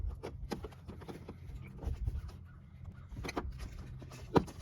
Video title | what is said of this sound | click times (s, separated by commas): Maxima Tow Hook Cover Replacement From Bumpers That Deliver By MBI Auto | and then push it in and it snap into place now | 4.4 s